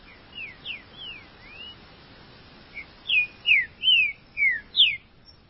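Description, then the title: Green-winged saltator song, softer whistled notes first, then a louder run of five slurred, falling whistles delivered rapidly, with steady background hiss. "Trinca Ferro"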